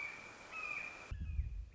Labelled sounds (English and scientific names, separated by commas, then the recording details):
Red-shouldered Hawk (Buteo lineatus)
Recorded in Sonoma County, California